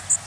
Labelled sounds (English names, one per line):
Blackburnian Warbler flight call